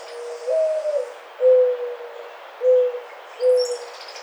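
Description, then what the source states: Mourning Dove giving its mournful coo: an inflected opening note and three low hoots, with faint high chirping from other birds behind. Recorded on 28 May 2009.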